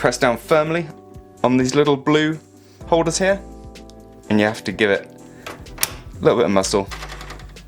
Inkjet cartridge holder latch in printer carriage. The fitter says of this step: You hear that click and that's released the cartridge on the left here.